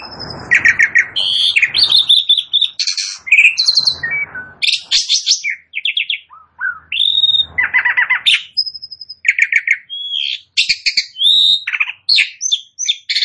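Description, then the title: Asian pied starling song: a busy, varied jumble of chattering notes, rattles and clear whistles, delivered in quick bursts with brief pauses throughout. Bird begins singing within less than a minute. "Belum Satu Menit Jalak Suren Langsung Bunyi"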